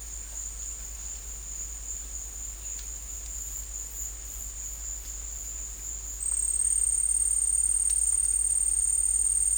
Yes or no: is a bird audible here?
no